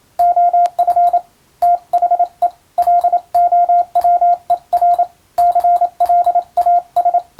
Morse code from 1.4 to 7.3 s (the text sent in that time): THE LOWER CLAS